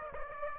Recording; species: mosquito wingbeat signal from an infrared sensor; Aedes aegypti